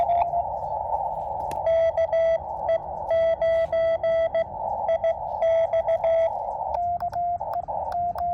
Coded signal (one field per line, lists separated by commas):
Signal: Morse code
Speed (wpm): 16 wpm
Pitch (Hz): 3300 Hz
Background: none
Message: KE9IX